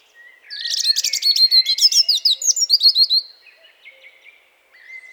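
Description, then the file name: European robin song phrase of fast, bright, jumbled high notes lasting about three seconds, then faint thin notes trailing off. "Erithacus rubecula"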